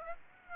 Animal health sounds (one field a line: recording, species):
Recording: mosquito wingbeat signal from an infrared sensor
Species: Aedes aegypti